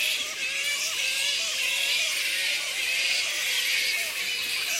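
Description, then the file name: Black flying fox squeaks: a dense, continuous chatter of high squeals and bickering notes from many animals at once, with lower wavering cries beneath. A colony of black fruit bats giving squeaks. "black fruit bats -pteropus alecto colony squeaks"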